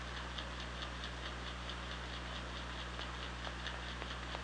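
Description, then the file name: Killer whale clicks: a fast train of faint, sharp ticks running through the whole stretch over a constant low underwater hum. Hydrophone recording from OrcaLab, 24 August 2017. "Orca Lab UTLN JASON 20170824"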